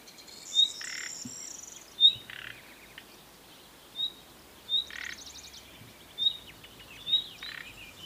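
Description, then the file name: Common nightingale calling: short high whistled notes at irregular intervals, several followed by a harsh, rasping croak; a brief buzzy trill is also heard. "Luscinia megarhynchos"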